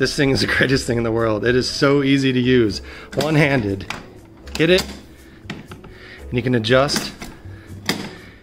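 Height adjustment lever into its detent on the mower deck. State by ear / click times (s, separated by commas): seated / 7.9 s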